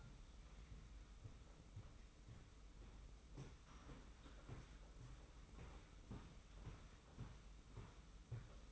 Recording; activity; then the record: daily activity, microphone in the room; walk to room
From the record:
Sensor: 1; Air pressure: 991.1 hPa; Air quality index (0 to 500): 91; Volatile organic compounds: 32 ppm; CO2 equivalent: 3007 ppm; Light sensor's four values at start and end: 35/114/44/46 and 34/110/43/44